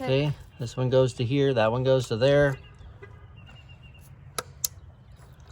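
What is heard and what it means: Someone talks while routing the connectors on a 2009 Mazda 6 2.5-liter being worked on for a misfire, then goes quiet. A plastic electrical connector is pushed onto its ignition coil and latches with a sharp click at 4.7 seconds, seating it.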